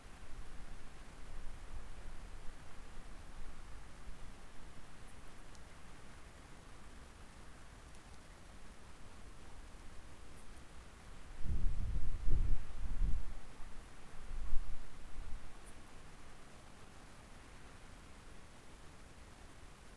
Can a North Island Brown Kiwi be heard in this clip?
no